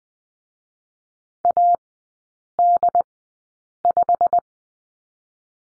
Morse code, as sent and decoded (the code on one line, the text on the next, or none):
.- -.. .....
AD5